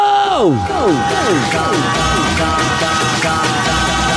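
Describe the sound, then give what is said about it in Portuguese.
A loud crowd at a live show at the Centro Mix show house in Ananindeua shouts and cheers as Flamengo fans are called on to shout, a dense, steady roar of voices, while several high tones sweep sharply downward one after another in the first seconds. “E quem torce pro Flamengo dá o grito!”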